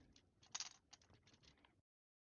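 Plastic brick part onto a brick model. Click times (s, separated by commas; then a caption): 0.6 s. A plastic LEGO brick part is pressed again onto the side of a Colonial Viper brick model where it had not snapped in. Soft plastic rattles and ticks lead to a sharp snap at 0.6 s, followed by lighter clicks and handling, and then silence from about 1.8 s. The part is fully reseated.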